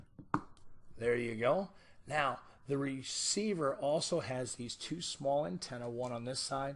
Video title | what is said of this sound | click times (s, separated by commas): Samson Wireless Earset | it right in and with a small click you might hear it there | 0.3 s